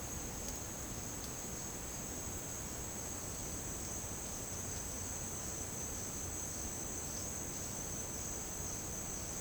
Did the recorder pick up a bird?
no